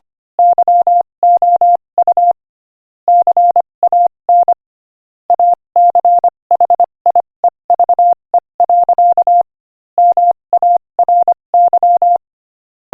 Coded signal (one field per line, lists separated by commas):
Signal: Morse code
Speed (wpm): 26 wpm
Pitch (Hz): 700 Hz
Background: none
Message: YOU CAN ACHIEVE. MARY